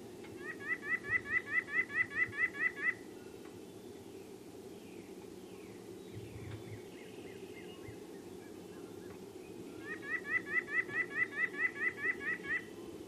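Nuthatch calls in two rapid bursts of bright, rising notes, at the start and the end, with fainter calls and steady background noise between.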